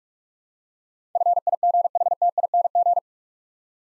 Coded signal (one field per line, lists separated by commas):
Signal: Morse code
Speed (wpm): 42 wpm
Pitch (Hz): 700 Hz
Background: none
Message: FIGHTING